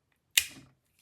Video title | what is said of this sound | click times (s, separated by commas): An Adjustable Spring? - 2 European Style Slipjoints from Real Steel! | it has a real loud slap when it pops into place | 0.4 s